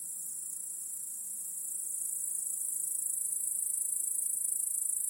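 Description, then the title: Crickets giving a continuous thin, high trill that gradually rises in loudness over a few seconds. Chorus of crickets in a home backyard at night. "Crickets in Your Backyard 🏡. Discovering the Sounds of Home"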